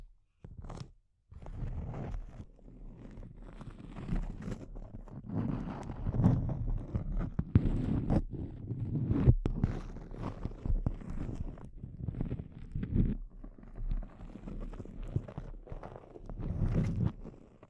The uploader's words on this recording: ASMR Intense Close-Up Crinkles (No Talking).